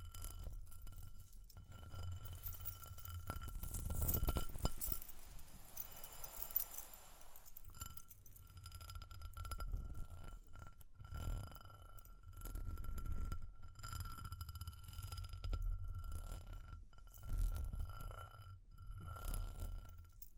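Tapping and scratching with light jingling, glassy clinks running through the whole twenty seconds. A thick rush of scratching builds around four to five seconds, then short tapping bursts recur every second or two, with a steady faint ringing tone underneath.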